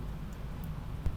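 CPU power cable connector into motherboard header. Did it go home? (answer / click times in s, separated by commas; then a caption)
yes / 1.1 s. A CPU power cable connector is plugged into the motherboard header and clicks into place at 1.0 s, a short sharp snap over a low steady hum. A faint brief tick is also heard at 0.6 s, and the connector ends up seated.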